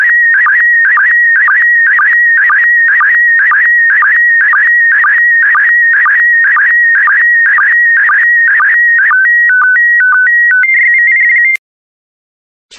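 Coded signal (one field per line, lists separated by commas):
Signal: SSTV (slow-scan television)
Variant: PD120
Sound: warbling high tone with a regular ticking pulse about twice a second, then stepped tones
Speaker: the next image transmission will start in 10 seconds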